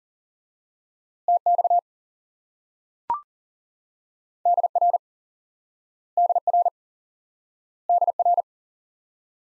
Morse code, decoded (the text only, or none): TX DR DR DR